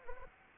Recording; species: mosquito wingbeat signal from an infrared sensor; Anopheles arabiensis